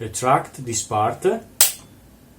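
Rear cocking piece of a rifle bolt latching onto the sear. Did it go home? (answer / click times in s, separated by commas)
yes / 1.6 s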